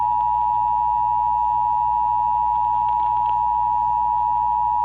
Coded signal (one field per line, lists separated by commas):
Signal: Emergency Alert System (SAME) tones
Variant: 853 and 960 Hz attention tone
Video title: Severe Thunderstorm Warning on WBAP-AM and KFWR-FM (7/10/23) (EAS #401)